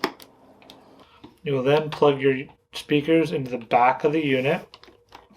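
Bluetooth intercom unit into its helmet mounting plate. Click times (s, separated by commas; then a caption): 0.0 s. A LEXIN B4FM motorcycle Bluetooth intercom unit with an X button and Type-C charging port is lined up on its plastic helmet mounting plate and pushed on. It seats with a sharp click at 0.0 s, followed by a few small handling taps. Someone then talks.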